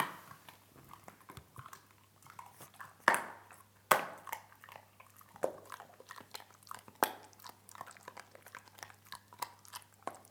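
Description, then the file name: Dog chewing and biting, with sharp crunches scattered through and two louder bites early on, over a faint constant hum. Dog eating. "Hund frisst"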